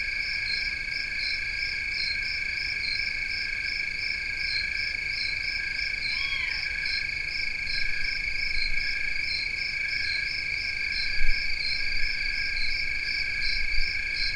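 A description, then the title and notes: Several kinds of crickets sing at once in steady, unbroken trills, one high and pulsing in quick regular beats, others holding even tones lower down. Around six seconds a brief rising, wavering call cuts through, and a faint low thump comes near eleven seconds. Cricket pulse, owl beg. 4:00-4:30 am. Hungry fledgling Great Horned Owls. Maybe three separate species of crickets? Maybe Gryllus integer (Western trilling cricket), Gryllus pennsylvanicus (fall field cricket), and some kind of Oecanthus (tree cricket)?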